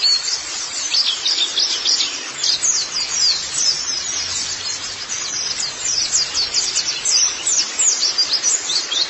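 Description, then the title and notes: White-eye song, a fast continuous stream of thin, high chirps and trills with brief swells in loudness, against light background hiss. "Kicauan Burung Pleci Durasi Panjang. Suara kicauan burung pleci"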